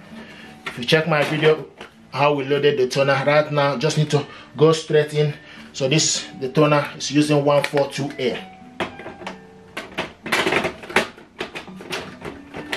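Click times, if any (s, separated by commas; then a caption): 11.0 s. Someone talks while a 142A toner cartridge is pushed into the bay of an HP LaserJet M110WE laser printer. A series of plastic knocks follows from about 8.8 to 11.4 s. The loudest, sharpest one at 11.0 s is the cartridge clicking into place, seated.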